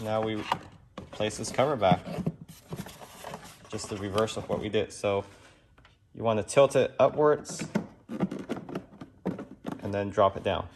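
A plastic cabin filter cover is refitted into the filter housing of a Mercedes-Benz GLC 63 S AMG after the cabin air filter has been fitted, tilted upwards and then dropped down while someone talks. Only light handling and positioning knocks are heard, with a cluster of small taps around 8.2–8.8 s. The cover has not yet seated or clicked into place.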